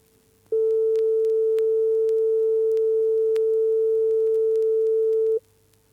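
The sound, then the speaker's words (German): A single low, steady test tone plays loudly from the left loudspeaker for about five seconds during a stereo left/right channel test, a pure unchanging pitch that starts and stops abruptly, with only faint background hum and no voices. “Sie hören abwechselnd aus dem linken Lautsprecher einen tiefen Ton und aus dem rechten einen höheren.”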